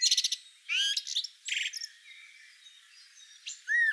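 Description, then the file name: Common blackbird song fragments: rapid high squeaky notes and a buzzy burst, then a quiet gap and a short fluty note at the end. "Turdus merula"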